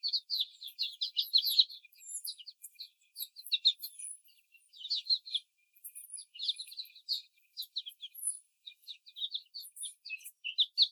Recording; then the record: young laying hens in a cage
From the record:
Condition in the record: after the stressor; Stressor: simulated dog barking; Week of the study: 4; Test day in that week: 2